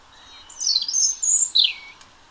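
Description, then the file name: European robin song: one brief, bright phrase of very high, thin notes that twitter and then slide downward, ending quickly. "Erithacus rubecula"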